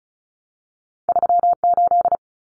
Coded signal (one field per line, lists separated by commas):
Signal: Morse code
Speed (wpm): 34 wpm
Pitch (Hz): 700 Hz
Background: none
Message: 38